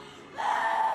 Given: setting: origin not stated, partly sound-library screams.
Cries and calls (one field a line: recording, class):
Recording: one-second piece from a danger detection set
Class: woman in danger